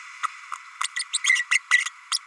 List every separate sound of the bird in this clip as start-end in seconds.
0.23-0.27, 0.83-0.88, 0.96-1.04, 1.13-1.18, 1.24-1.45, 1.51-1.59, 1.71-1.85, 2.11-2.19